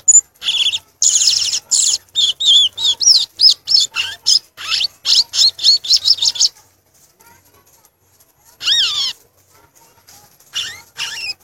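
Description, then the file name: Violaceous euphonia song: rapid high chattering notes and rising whistles for several seconds, then a quiet gap broken by a few whistled slurs near the end. "canto do gaturamo verdadeiro"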